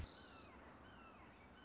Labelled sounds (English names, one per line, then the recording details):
Red-shouldered Hawk
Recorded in Sonoma County, California